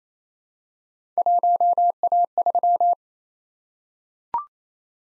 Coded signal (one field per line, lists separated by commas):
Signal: Morse code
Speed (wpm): 29 wpm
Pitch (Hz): 700 Hz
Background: none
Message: 1A3